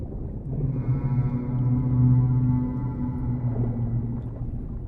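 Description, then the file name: Whale low moaning call, a sustained droning tone with rich harmonics lasting about four seconds before fading. "Mpooman Whale Sounds"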